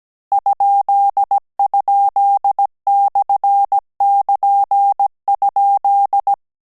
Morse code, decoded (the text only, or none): ??/<KN>?